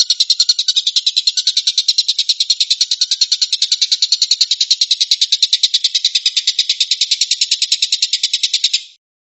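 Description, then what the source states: Stork-billed kingfisher's fast chatter: harsh, high-pitched pulses repeated rapidly and evenly for about nine seconds, then cut off sharply. Tembakan, a rapid 'shooting' call.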